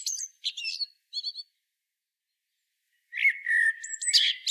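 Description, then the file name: Common blackbird song fragment: brief high twittery notes, a short silence, then a low fluted warble rising into squeaky chatter. "Turdus merula"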